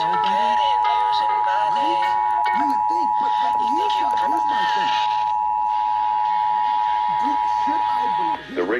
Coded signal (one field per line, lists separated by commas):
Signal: Emergency Alert System (SAME) tones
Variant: 853 and 960 Hz attention tone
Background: speech, music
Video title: Child Abduction Emergency(4-21-2021) EAS #31